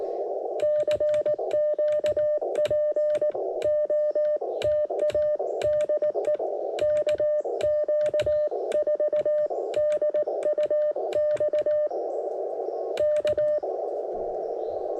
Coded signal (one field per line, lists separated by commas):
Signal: Morse code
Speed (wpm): 18 wpm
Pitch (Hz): 600 Hz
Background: none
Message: CQ POTA DE KQ4DUX K